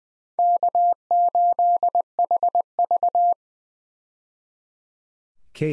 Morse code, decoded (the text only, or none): K8HV